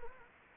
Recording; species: mosquito wingbeat signal from an infrared sensor; Anopheles gambiae